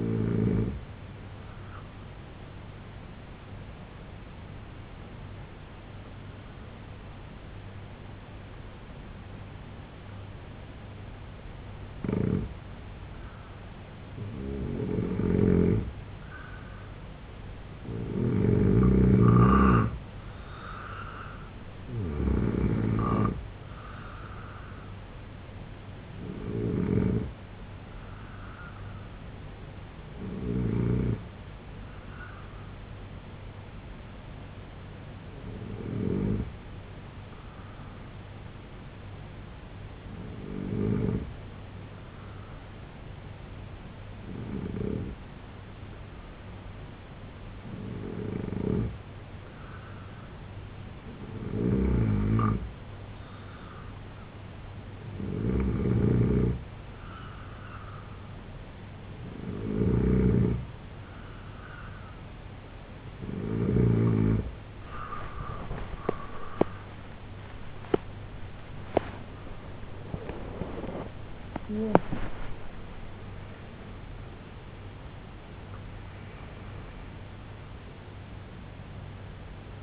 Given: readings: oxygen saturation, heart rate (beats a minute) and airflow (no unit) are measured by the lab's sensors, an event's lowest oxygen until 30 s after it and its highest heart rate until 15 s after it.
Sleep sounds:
breathing in sleep by a voice recorder at the bedside; 2
3.00-19.00 s: hypopnea (N2, oxygen 91% highest, then 84% lowest, heart rate 77 at the start, 85 highest)
35.00-55.50 s: hypopnea (N2, oxygen 93% highest, then 87% lowest, heart rate 68 at the start, 95 highest)
58.00-79.83 s: new sleep stage, N1 (lightest sleep)
From the record:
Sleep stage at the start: N2 (light sleep); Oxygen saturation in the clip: 84 to 93%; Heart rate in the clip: 68 to 100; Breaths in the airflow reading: 18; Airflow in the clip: -9.9 to 8.7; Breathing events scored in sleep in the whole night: 258 in 7.4 hours asleep

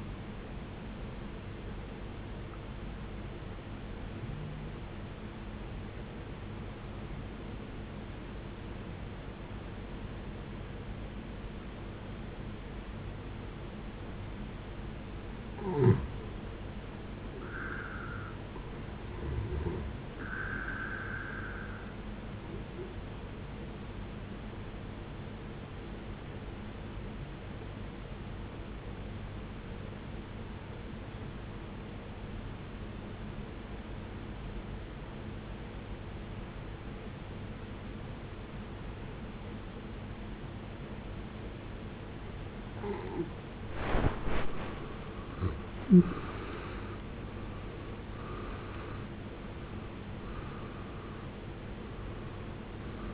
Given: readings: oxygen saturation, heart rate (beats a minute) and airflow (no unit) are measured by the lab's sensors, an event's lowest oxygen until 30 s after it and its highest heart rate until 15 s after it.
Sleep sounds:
breathing in sleep by a voice recorder at the bedside; 2
4.00-16.90 s: obstructive apnea (N1, oxygen 95% highest, then 86% lowest, heart rate 65 at the start, 72 highest)
18.00-48.00 s: new sleep stage, N2 (light sleep)
31.00-46.40 s: obstructive apnea (N2, oxygen 92% highest, then 79% lowest, heart rate 65 at the start, 74 highest)
48.00-53.14 s: new sleep stage, N1 (lightest sleep)
From the record:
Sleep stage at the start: N1 (lightest sleep); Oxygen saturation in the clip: 76 to 95%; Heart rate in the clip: 49 to 74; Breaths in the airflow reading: 5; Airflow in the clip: -18.7 to 17.0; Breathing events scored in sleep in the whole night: 389 in 6.3 hours asleep

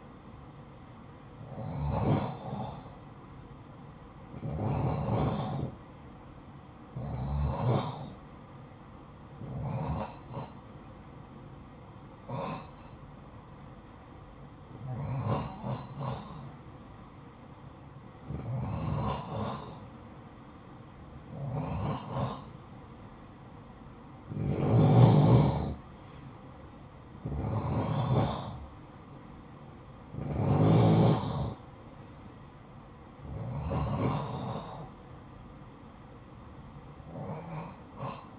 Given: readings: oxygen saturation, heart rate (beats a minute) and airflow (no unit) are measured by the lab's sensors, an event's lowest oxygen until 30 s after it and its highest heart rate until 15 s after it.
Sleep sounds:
breathing in sleep by a smartphone at the bedside; none
29.00-38.38 s: new sleep stage, N2 (light sleep)
From the record:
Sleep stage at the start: N3 (deep sleep); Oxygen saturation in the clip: 88 to 90%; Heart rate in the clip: 49 to 61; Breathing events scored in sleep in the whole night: 573 in 9.8 hours asleep

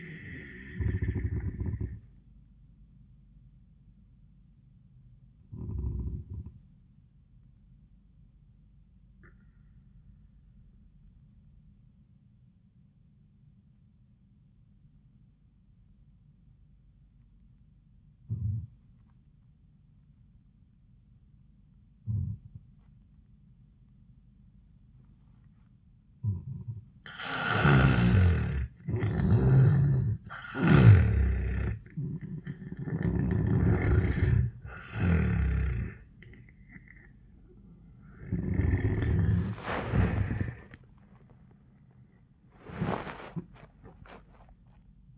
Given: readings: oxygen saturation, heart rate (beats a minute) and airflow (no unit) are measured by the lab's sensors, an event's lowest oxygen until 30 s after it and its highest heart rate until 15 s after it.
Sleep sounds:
breathing in sleep by a smartphone at the bedside; 1
3.00-30.00 s: hypopnea (N2, oxygen 97% highest, then 81% lowest)
33.00-45.18 s: new sleep stage, N1 (lightest sleep)
From the record:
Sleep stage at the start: N2 (light sleep); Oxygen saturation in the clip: 84 to 97%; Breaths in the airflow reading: 8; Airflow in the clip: -14.6 to 9.3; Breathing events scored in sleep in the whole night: 400 in 8.7 hours asleep

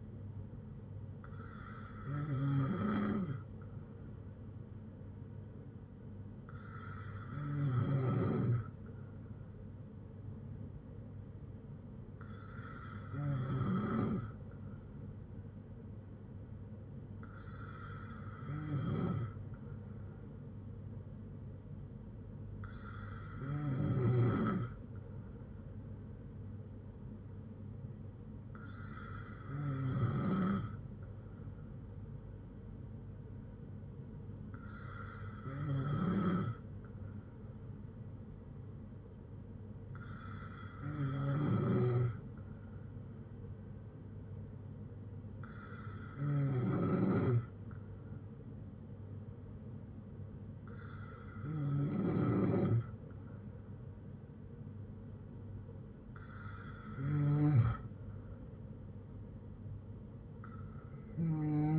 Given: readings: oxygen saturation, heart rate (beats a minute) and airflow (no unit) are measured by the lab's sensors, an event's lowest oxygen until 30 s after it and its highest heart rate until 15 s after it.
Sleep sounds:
breathing in sleep by a smartphone at the bedside; none
none scored
From the record:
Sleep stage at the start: N2 (light sleep); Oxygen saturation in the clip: 94 to 95%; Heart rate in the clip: 59 to 71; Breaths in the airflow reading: 11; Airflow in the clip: -6.2 to 7.3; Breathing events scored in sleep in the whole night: 182 in 7.4 hours asleep

